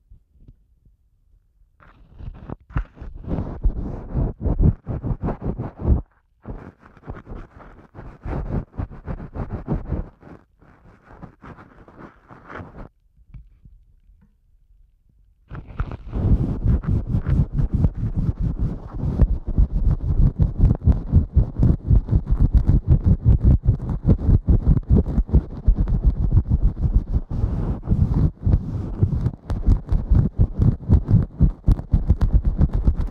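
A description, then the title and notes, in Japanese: Ear cleaning with an ear pick: dense, crackly scratching and rubbing made of rapid little clicks. It comes in bursts for the first thirteen seconds, drops nearly silent for a couple of seconds, then returns louder and continuous, scraping steadily to the end. ASMR耳かき 圧力・低音強めの落ち着くサウンド…柔らかい音フェチ。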